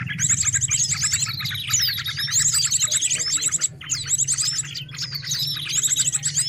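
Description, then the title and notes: Noisy bird chatter with repeated high trills and squeaky chirps, a brief lull near four seconds, and a low hum running beneath. Noisy birds used as a lure for attracting birds. "Burung Ribut Pikat"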